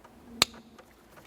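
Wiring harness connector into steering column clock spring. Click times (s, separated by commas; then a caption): 0.4 s. The larger plastic wiring harness connector is pressed into the back of the airbag clock spring in the steering column of a 2005-2010 Chevrolet Cobalt. A single sharp, bright click sounds at 0.4 s, with only faint ticks around it. The connector seats, and it is then tugged to check that it is secure.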